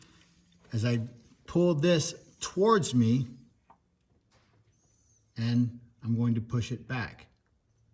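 A 14mm wrench sits on the bolt of the metal timing chain tensioner in the engine of a 2010-2015 Prius / CT200h during a head gasket replacement. Someone talks while the wrench is about to be pulled toward them and then pushed back. Nothing has clicked or seated yet; the clip ends just before the tensioner ratchets into its set position.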